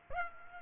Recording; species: mosquito wingbeat signal from an infrared sensor; Aedes aegypti